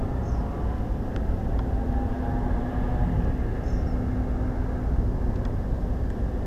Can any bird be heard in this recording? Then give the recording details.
yes. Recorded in France